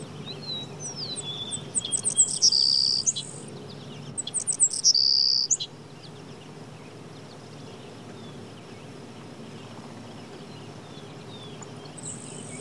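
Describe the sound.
Bird calls in two bursts of high, sharp chirps and steady shrill notes, each lasting about a second, followed by quiet low background hum.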